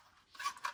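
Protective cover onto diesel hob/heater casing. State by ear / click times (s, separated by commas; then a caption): not seated / none. A protective cover is slid back onto the underside of a Wallas XC Duo diesel hob/heater unit in a Land Rover Defender camper conversion, over its metal casing. After a quiet start, short scraping, rubbing bursts peak around 0.5 s and 0.7 s as the cover is pushed along. Nothing has seated or clicked yet.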